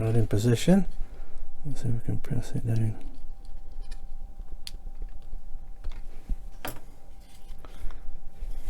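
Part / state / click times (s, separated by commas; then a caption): plastic model part into the turbine assembly of a model car kit / seated / 4.7 s, 6.6 s. A plastic part is lined up and pressed down into its mounting in the turbine assembly area of a scale model car kit, while someone talks at the start. Two sharp clicks are heard at 4.7 s and 6.7 s as it presses in, and the part is seated in place.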